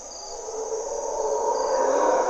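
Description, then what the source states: Mantled howler monkeys' guttural roaring grows steadily louder over the short stretch, with a persistent high insect whine in the background. Monos congos waking the jungle at morning twilight in Parque Nacional Corcovado, Osa Peninsula, Costa Rica; primary hardwood forest and deep river valley echoes.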